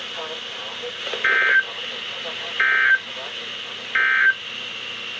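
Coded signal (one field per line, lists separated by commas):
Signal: Emergency Alert System (SAME) tones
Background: speech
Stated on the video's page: NOAA Weather Radio EAS tones from several transmitters, for severe thunderstorm, special marine, flash flood watch and flood warnings issued by Sterling, VA.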